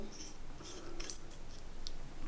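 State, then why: Seated. The strongly angled, bent head of a safety razor is closed over a soft stainless blade, and the angle twists the blade. Against a quiet background, a sharp, bright click with a short high ring comes at 1.1 s as the head clicks shut and seats on the blade. A faint small tick follows near 1.9 s.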